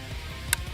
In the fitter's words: you hear the click and now we're not talking about pounds now we're talking about ounces here